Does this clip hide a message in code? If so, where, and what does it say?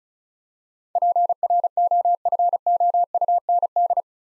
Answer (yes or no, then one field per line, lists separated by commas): yes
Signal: Morse code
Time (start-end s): 1.0-4.0 s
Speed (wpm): 34 wpm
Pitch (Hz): 700 Hz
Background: none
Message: PROFOUND